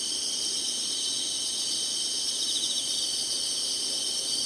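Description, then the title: Insects give a steady, shrill, densely layered trill with no breaks, a soft background hiss underneath. Summer. "SINGING INSECTS SUMMER"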